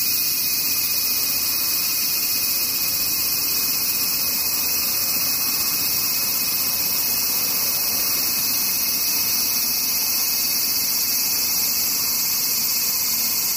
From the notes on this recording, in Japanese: セミ